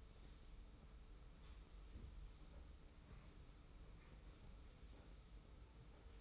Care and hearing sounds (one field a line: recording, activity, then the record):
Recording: daily activity, microphone in the room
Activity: sweep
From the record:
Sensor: 1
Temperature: 25.3 degrees Celsius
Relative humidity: 41.5%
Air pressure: 991.4 hPa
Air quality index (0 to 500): 127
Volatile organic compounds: 318 ppm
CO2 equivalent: 4520 ppm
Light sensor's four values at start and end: 43/131/52/54 and 43/131/52/54